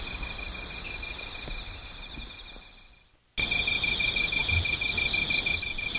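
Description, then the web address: Insects buzz steadily at high pitch, the sound cutting out for a moment midway before resuming with sharp chirps above the drone. "cats nishikawa 201110 mushinokoi"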